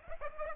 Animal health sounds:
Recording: mosquito wingbeat signal from an infrared sensor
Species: Aedes aegypti

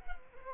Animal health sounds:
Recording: mosquito wingbeat signal from an infrared sensor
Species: Culex quinquefasciatus

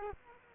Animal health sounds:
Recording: mosquito wingbeat signal from an infrared sensor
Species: Culex quinquefasciatus

